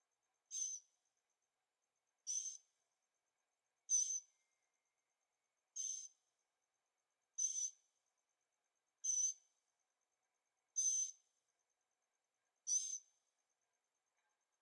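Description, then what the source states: Bird calls: brief raspy high bursts with a thin whistle, repeated steadily about every one and a half to two seconds, nothing else heard. Birds singing at night in Carefree, Arizona; recorded with a Zoom H6 and stereo microphones.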